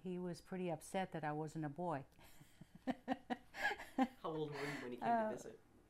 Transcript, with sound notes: he was pretty upset that I wasn't a boy. (she laughs)
How old were you when he came to visit?